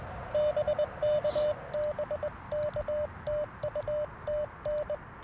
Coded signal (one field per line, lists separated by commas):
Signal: Morse code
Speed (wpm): 20 wpm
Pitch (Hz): 590 Hz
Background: radio noise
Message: BK BK TU TN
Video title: FX-4CR First Impressions & Morning Morse Code - 11/21/2024